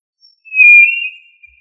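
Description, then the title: Tinamou call: a single clean, sustained whistle, slightly wavering in pitch and lasting under a second, in near silence. "Familia Tinamidae - Quail - Puyuh"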